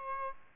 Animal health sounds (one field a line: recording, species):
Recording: mosquito wingbeat signal from an infrared sensor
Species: Aedes albopictus